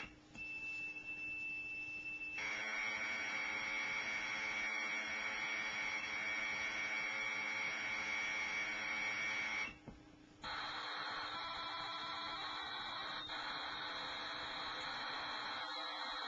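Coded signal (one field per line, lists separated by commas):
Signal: Commodore tape loading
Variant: Commodore Datasette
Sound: brief faint tone, then two long stretches of harsh buzzing screech split by a short pause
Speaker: back on a normal player and it's quite quite a lovely little experience when you listen to that music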